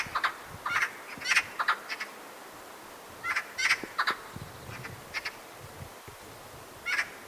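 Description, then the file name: Eurasian magpie uttering a series of dry, harsh chattering notes in irregular clusters, pausing briefly between bursts. "Pica pica"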